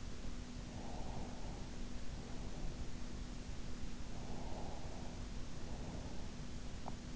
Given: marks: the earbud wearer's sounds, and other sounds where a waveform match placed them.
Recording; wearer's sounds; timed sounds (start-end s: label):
sounds in sleep by an in-ear microphone; breath
0.68-2.97 s: breath
4.02-6.52 s: breath